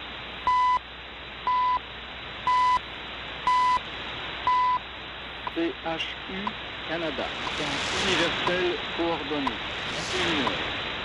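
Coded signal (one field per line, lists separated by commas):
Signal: radio time signal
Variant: CHU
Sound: five short 1 kHz beeps, one each second, then a man talking over static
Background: radio static, speech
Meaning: Each tone marks the start of a second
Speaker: back to the Chinese MLA dirty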